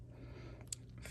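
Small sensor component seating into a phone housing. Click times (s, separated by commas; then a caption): 0.7 s. During an iPhone 7 screen replacement, a small sensor part is hovered over its spot in the phone housing and pressed down until it drops into place. A sharp, bright click is heard at 0.7 s over a low steady hum, with a few faint ticks just before and a soft rustle after. The sensor is seated.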